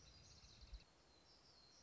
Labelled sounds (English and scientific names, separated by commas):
Black-throated Gray Warbler (Setophaga nigrescens)